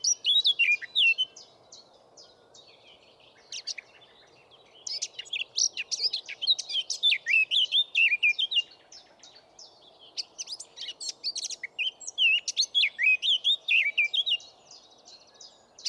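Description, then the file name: Eurasian blackcap delivering repeated bursts of hurried, varied warbling with bright slurred notes, over a faint low background rumble. "Sylvia atricapilla"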